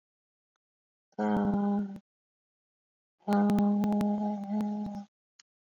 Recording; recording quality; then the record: sustained vowel as in made; excellent, no background noise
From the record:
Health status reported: exposed to COVID-19, no respiratory illness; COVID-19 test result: not tested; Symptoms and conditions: cough, breathing difficulty, fever, fatigue, muscle pain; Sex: female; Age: 25 years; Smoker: not ticked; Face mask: not worn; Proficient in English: yes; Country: India